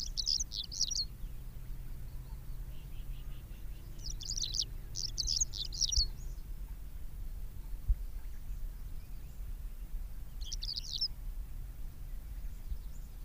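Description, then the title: Javan bush lark giving short, high chattering bursts of song, several brief phrases separated by pauses, over a low steady rumble. "Suara Burung Branjangan"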